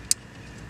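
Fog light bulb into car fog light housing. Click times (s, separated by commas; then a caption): 0.1 s. A new fog light bulb is pushed and twisted into a BMW car's fog light housing. A single sharp, bright click at 0.1 s marks it seating, followed by a low steady hum. The bulb is seated in the housing.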